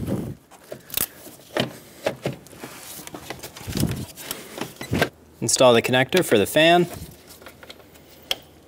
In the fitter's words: push until you hear a click if you don't hear a click give it a pull make sure it's locked on